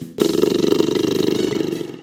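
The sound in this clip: Tiger giving a prolonged rough roar that begins suddenly, pulses rapidly and evenly throughout, then tapers off.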